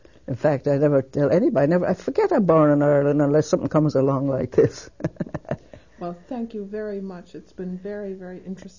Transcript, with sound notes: In fact, I never tell anybody, I never, I forget about Ireland unless something comes along like this (she laughs)
Well, thank you very much, its been very, very interesting.